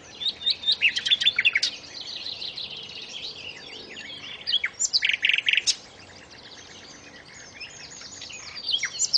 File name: suara burung nightingale om kicau